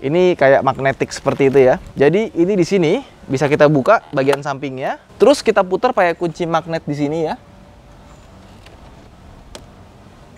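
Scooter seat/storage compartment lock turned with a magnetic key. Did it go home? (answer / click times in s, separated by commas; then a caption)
released / 9.6 s. On a Honda PCX 160 scooter with a flat battery, a side cover is opened and the emergency seat/storage compartment lock is turned with a magnetic key. Someone talks for the first seven seconds, then after a faint tick at 8.7 s the latch clicks open sharply at 9.6 s. This releases the lock so the storage compartment can be opened.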